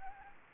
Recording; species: mosquito wingbeat signal from an infrared sensor; Anopheles gambiae